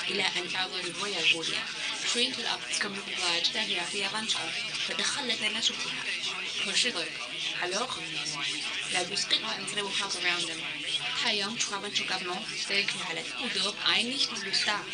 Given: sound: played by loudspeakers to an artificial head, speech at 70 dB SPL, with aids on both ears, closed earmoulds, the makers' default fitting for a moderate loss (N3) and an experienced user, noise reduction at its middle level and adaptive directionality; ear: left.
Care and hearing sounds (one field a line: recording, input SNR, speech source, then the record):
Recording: speech test signal (ISTS) in cocktail-party noise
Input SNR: +6 dB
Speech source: on the right (90 degrees)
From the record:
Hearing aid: class 2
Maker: A